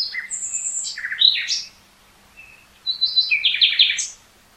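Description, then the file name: Common nightingale song: two phrases of varied whistles and quick churring notes, split by a pause of about a second. "Luscinia megarhynchos"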